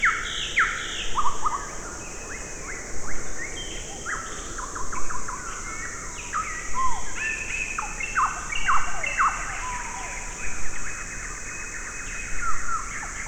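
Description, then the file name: Birds: a dense morning chorus of rapid chattering phrases, downslurred whistles and twittering throughout, over a persistent high insect hum. Forest birds and insects on a spring or early summer morning, South Black Sea coast, Bulgaria. "Nature Forest Birds Insects Morning Spring Early Summer South Black Sea Bulgaria"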